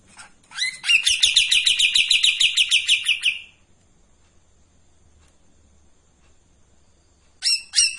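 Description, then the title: Streak-eared bulbul song: a long, rapid, rattling series of bright notes lasting nearly three seconds, a pause with faint low rumble, then a new burst. Long song phrases of the styles called tembakan and besetan panjang, from a bird in full song (gacor); recording meant as tutor audio for training white-rumped shama. "KAPAS TEMBAK GACOR TEMBAKAN DAN BESETAN PANJANG MASTERAN MURAI BATU PASTOL"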